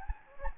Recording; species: mosquito wingbeat signal from an infrared sensor; Anopheles gambiae